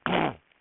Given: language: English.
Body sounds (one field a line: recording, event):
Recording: throat vibration sensor signal played as sound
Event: throat clearing